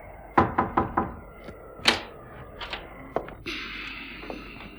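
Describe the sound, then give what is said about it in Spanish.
Four quick, sharp knocks on the sitting-room door of an inn, followed by a single louder rap, a few scattered clicks of the latch, and then a steady creaking drone as the innkeeper swings the door open. “Y al abrir la puerta, vio que el huésped estaba sentado en un butacón ante el fuego.”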